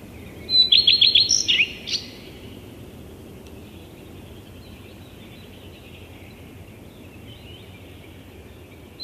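Common Redstart singing one brief phrase: a thin introductory whistle, then several rapid repeated notes ending in a scratchy flourish, then a long stretch of soft background hiss.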